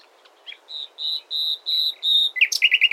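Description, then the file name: Common nightingale song phrase: a faint note, then loud steady high whistles that grow stronger, ending in a quick run of buzzy, lower chattering notes. "Luscinia megarhynchos"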